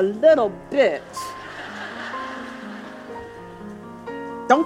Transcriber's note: laughter